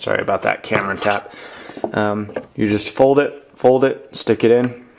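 A man talks while folding an AViiQ thin portable laptop stand twice and tucking its tab into the locking slots, with faint handling taps under his voice. Nothing has seated or locked yet when the clip ends.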